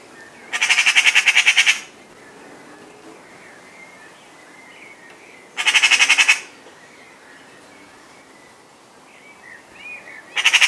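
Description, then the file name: Eurasian magpie giving harsh, rattling chatter calls, three dry bursts spaced about five seconds apart, with faint chirps of other birds between them. "Pica pica"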